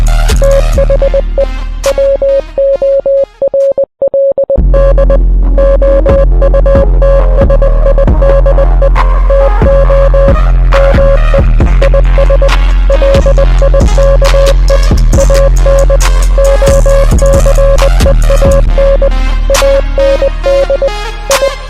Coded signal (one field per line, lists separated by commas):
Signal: Morse code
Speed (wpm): 20 wpm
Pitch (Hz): 550 Hz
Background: music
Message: THE WORLD OUTSIDE TO ME IS LIKE AN OCEAN AND I